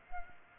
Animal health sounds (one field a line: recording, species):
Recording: mosquito wingbeat signal from an infrared sensor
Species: Culex pipiens